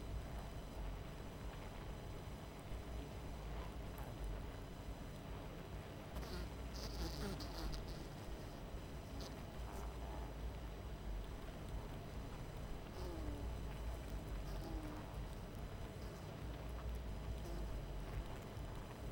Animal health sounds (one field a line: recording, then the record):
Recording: honeybee colony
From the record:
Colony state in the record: missing queen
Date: 14 July 2017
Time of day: 23:43